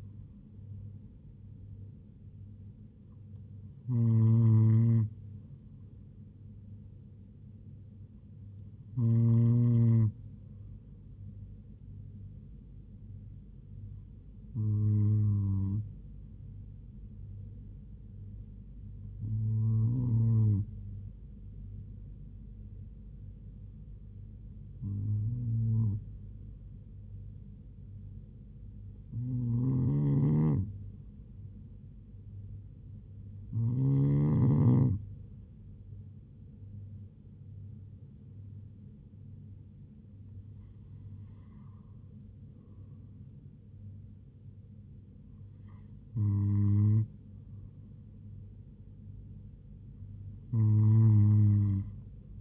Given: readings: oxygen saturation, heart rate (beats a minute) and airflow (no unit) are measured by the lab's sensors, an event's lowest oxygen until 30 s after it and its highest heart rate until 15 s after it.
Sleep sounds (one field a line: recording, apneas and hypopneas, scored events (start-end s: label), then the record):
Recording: breathing in sleep by a smartphone at the bedside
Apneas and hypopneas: none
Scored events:
none scored
From the record:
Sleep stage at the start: N2 (light sleep)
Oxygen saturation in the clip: 96 to 97%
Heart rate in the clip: 65 to 81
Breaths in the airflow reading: 11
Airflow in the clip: -4.7 to 3.6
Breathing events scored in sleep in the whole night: 158 in 7.3 hours asleep